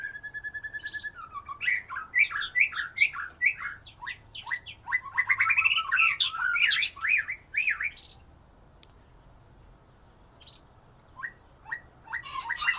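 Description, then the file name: White-rumped shama song opening with a level whistled trill, then fast scratchy warbling and chattering for several seconds, a pause, and a few more sharp notes. "murai batu"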